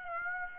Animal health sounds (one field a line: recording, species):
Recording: mosquito wingbeat signal from an infrared sensor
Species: Aedes aegypti